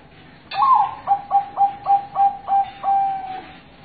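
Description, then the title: Zebra dove song: a sharp opening note followed by about six soft, evenly spaced cooing notes, ending in a longer drawn-out coo. Masteran (tutor) recording of a zebra dove, used to train other perkutut. "Suara Perkutut"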